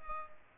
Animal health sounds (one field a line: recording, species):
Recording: mosquito wingbeat signal from an infrared sensor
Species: Culex pipiens